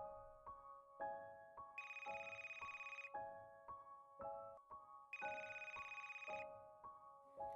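A phone ringtone plays alone: a repeating electronic melody of bright, steady tones, with a shrill, buzzy ringing layer joining in twice for about a second each time.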